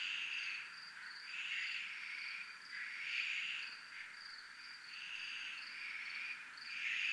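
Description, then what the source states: Crickets trill high and steady while broader buzzy phrases swell and fade in a slow repeating rhythm. Several crickets, recorded at a military zone (zona militar).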